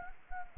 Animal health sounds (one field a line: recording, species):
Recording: mosquito wingbeat signal from an infrared sensor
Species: Anopheles gambiae